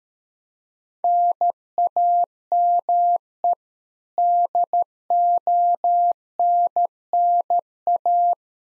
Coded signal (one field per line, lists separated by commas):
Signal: Morse code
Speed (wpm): 13 wpm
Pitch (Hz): 700 Hz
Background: none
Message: NAME DONNA